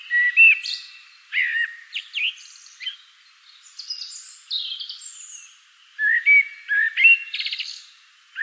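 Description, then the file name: Common blackbird uttering clear chirps and short whistled notes in irregular clusters, with a quieter stretch of high twittering before strong notes return. "Turdus merula"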